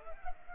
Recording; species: mosquito wingbeat signal from an infrared sensor; Culex pipiens